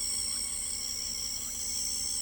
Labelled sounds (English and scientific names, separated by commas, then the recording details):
Southern Lapwing (Vanellus chilensis)
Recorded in pastures near Pivijay, Magdalena, Colombia, on 3 June 2023 at 05:00
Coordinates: 10.456, -74.369
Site P6-G026